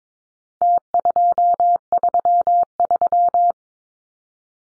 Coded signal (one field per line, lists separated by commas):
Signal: Morse code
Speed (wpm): 22 wpm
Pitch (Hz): 700 Hz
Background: none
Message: T233